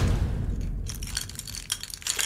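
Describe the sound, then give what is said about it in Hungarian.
Metallic jingling and clinking as an angry person shakes a bunch of keys on a keyring, in a quick irregular series of bright, crisp rattles over a low rumbling background. “Ez itt a három dühös ember, az egyikünk pedig már is annyira dühös, hogy a kulcscsomóját csörgette, ha jól hallom”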